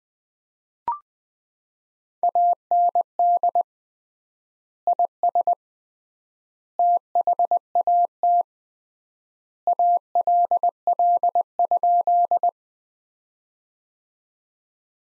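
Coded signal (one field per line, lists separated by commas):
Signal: Morse code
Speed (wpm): 20 wpm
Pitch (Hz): 700 Hz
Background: none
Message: AND IS THAT ALL?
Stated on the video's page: Morse practice sentences built from the top 100 words, sent at 20 wpm with 3x standard word spacing, a word-level analogue of Farnsworth.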